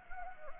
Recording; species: mosquito wingbeat signal from an infrared sensor; Anopheles gambiae